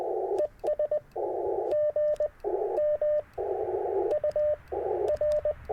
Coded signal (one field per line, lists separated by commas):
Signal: Morse code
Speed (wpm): 16 wpm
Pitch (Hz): 600 Hz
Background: radio noise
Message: ES GM UR